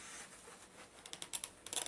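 A plastic side-release buckle on the side strap (cummerbund) of a Condor Sentry plate carrier is being handled as one of its two side clips is brought together to fasten. Soft rustling gives way after about 1.0 s to a run of sharp, bright ticks, with the strongest at 1.4 s, 1.4 s and 1.8 s, but nothing has seated or clicked yet.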